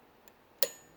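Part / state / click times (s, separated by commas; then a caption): bobbin case into sewing machine rotary hook / seated / 0.6 s. A metal bobbin case is refitted onto the rotary hook of a Juki DU-1181N sewing machine, with faint small taps before and after. A sharp, bright click at 0.6 s rings briefly as the bobbin case snaps home and is seated.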